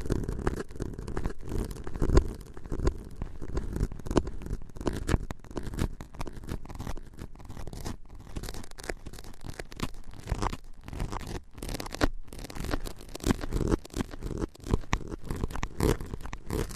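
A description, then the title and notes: Busy tapping and scratching run nonstop for the whole stretch, dense rapid strokes with a low rubbing body and brief crisp, tearing-like flicks. On this episode, a special tapping & scratching ASMR episode.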